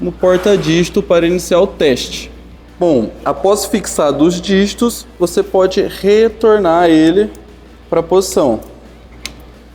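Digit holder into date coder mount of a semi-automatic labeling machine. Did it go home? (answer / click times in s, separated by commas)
yes / 9.3 s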